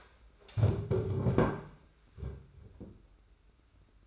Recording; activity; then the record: daily activity, microphone in the room; stand up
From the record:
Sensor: 2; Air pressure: 991.6 hPa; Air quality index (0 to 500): 177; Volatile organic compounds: 1000 ppm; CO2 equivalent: 5740 ppm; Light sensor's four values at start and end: 28/88/34/32 and 25/79/31/30